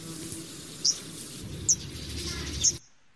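Arctic warbler calls: three very short, sharp high ticks spread about a second apart, over a low rumbling background hiss.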